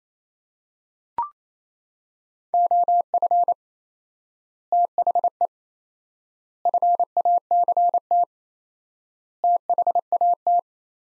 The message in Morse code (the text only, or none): OF THE FACT THAT